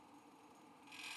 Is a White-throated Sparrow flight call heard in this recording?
no